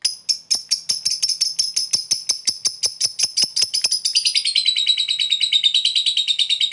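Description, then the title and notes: Lovebird producing rapid piercing chips that accelerate and merge into a continuous, slightly lower, buzzy chattering trill. Long "ngekek" chatter, used as a model for training pet birds; Indonesia. "Love bird ngetik ngekek. #lovebirdngekekpanjang. suara burung untuk masteran burung burung anda"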